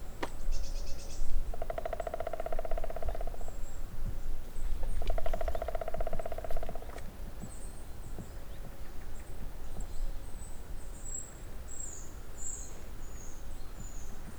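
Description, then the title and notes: Woodpecker gives two rapid drum rolls a few seconds apart, each under two seconds, then quiet rumble with thin high bird calls continuing. Green woodpecker or other woodpecker on a dry spruce near wetlands at Hatě, Ústí, Czechia. "Ústí, Czechia - datel na suchém smrku. žluna nebo datel na suchém smrku nedaleko mokřadů na Hatích"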